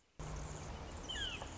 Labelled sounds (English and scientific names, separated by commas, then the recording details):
Anna's Hummingbird (Calypte anna)
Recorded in Sonoma County, California